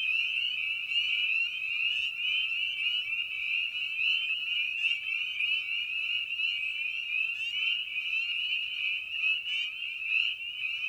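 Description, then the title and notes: Spring peeper chorus: countless high, sliding peeps merge into a steady shrill ringing, with a few sharper individual calls popping out now and then. Evening at a frog pond. "Night of the Peepers. In this episode we return to the frog pond for a meditative evening. Species in Focus: Spring Peeper (Pseudacris crucifer). Ian Carlsen"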